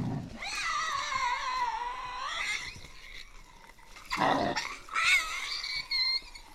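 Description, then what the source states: Tasmanian devil giving a long harmonic screech of about two seconds, then harsh rasping bursts and a shorter high whine. Resident devils in an enclosure at the Devils@Cradle conservation facility, Cradle Mountain, Tasmania, on October 24, 2007, discussing who has priority.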